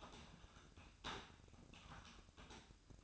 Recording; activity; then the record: daily activity, microphone in the room; typing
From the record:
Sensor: 2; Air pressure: 1007.5 hPa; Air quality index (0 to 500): 43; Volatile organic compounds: 1 ppm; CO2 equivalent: 549 ppm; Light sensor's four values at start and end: 9/21/8/9 and 9/21/8/9